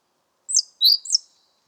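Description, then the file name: Great tit call: a single quick burst of three high, bright chirps, the middle note loudest, then silence. "Parus major"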